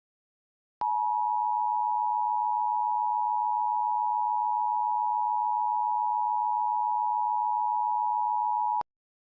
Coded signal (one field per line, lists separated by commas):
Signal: Emergency Alert System (SAME) tones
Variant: 853 and 960 Hz attention tone